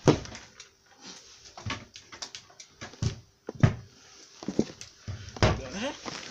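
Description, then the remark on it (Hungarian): A pull-out drawer is yanked open and shoved shut as underwear is taken out, with a run of sharp wooden knocks, scrapes and rattles at an uneven pace, while muffled voices murmur in the background. “Ez akkor jó van, csukd be vissza. Még a kihúzós fiókból vegyél ki bugyit, hát ha bele szarok.”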